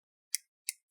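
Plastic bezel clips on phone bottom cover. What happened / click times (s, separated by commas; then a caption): Plastic clips snap open / 0.4 s, 0.7 s. A pry tool is twisted under the plastic bezel of a Poco X5 5G phone's bottom cover to remove the bezel before taking off the cover. The plastic retaining clips unsnap with two sharp, tiny clicks at about 0.4 and 0.7 seconds, and the bezel clips pop open and release.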